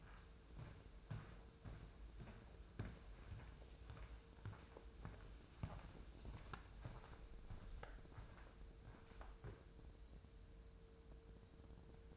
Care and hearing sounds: daily activity, microphone in the room; walk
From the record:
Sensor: 2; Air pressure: 995.8 hPa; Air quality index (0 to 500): 246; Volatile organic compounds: 1000 ppm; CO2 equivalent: 6072 ppm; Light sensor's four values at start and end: 33/79/35/39 and 32/76/33/37

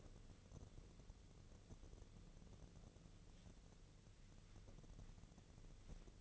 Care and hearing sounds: daily activity, microphone in the room; wipe stove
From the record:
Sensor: 4

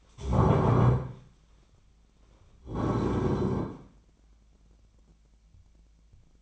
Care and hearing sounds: daily activity, microphone in the room; stand up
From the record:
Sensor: 1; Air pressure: 1009.3 hPa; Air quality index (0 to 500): 177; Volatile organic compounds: 3 ppm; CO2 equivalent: 1496 ppm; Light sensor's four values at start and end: 39/104/43/50 and 37/98/40/47

